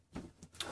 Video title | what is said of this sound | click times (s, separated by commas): Milwaukee 18v Cordless Shop Vac Review | so you hear the snap goes in you're pretty much ready to rock | 0.6 s